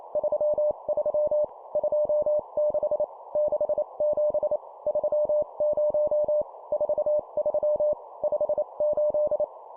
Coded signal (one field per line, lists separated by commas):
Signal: Morse code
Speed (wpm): 28 wpm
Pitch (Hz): 600 Hz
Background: none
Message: 33 26 67 30 43 58